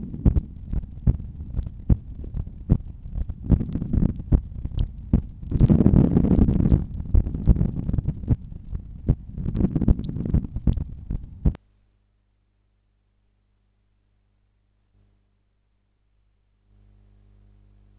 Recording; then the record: heart sounds by stethoscope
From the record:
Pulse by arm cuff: 74 bpm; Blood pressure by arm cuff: 141/92 mmHg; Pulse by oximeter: 72 bpm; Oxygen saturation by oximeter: 97%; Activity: during smoking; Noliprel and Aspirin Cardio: after pills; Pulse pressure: 49 mmHg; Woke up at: 6:55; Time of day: 22:45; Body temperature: 36.9 C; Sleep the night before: 7 h 39 min, score 71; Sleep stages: REM 24%, light 64%, deep 5%, awake 7%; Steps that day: 12000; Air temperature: 19.3 C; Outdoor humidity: 82%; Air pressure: 1008 hPa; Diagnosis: hypertension, treated with Noliprel and Aspirin Cardio 100 mg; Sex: male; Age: 53 years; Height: 174 cm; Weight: 81 kg